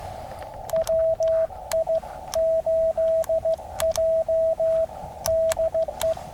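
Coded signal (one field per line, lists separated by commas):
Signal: Morse code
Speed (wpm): 15 wpm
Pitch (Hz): 650 Hz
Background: radio noise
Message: WI8J DE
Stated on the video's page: QRP Parks on the Air activation by the Rio Grande, using SSB and CW.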